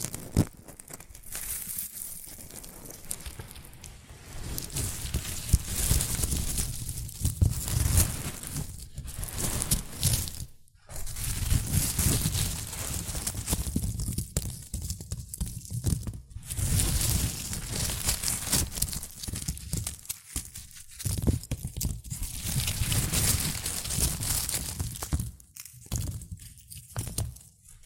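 Shredded tissue and packing peanuts are rustled and crinkled in continuous handling, with dense crackling bursts that swell and ease. Brief pauses break it near 4, 11, 16 and 26 seconds. Soft low thumps of movement sit under the bright crinkle throughout.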